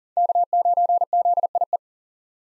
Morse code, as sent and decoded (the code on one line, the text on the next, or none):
-.- ----. --.. .. .
K9ZIE